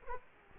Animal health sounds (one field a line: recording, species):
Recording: mosquito wingbeat signal from an infrared sensor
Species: Culex quinquefasciatus